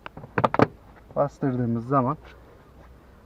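A fabric armrest trim piece is set in position and pressed into the driver's door panel of a Toyota Corolla, during work to fix a ticking noise heard when the door closes. The piece snaps and seats into place with sharp clicks at 0.4 and 0.5 seconds, among a quick burst of small knocks. Someone then talks.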